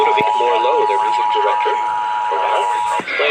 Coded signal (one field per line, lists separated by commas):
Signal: Emergency Alert System (SAME) tones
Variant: 853 and 960 Hz attention tone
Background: speech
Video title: EAS Event 8-1-17 NWR Alerts Compilation (EAS#108-125)